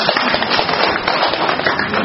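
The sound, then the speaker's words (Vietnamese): A crowd claps steadily for a couple at a patron saint's day gathering, a dense, even wash of many hands that holds at a fairly loud level for the full two seconds with no voices standing out. “Wow, một tràng pháo tay cho anh chị em.”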